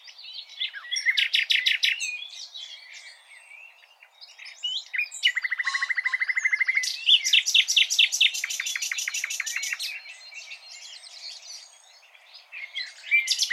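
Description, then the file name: Common nightingale singing varied phrases: quick rattling note series, a buzzy churring trill in the middle, then a long run of fast, repeated chirps. "Luscinia megarhynchos"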